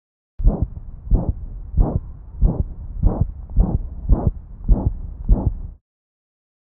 Recording from over the mitral valve area in a dog with degenerative valve disease.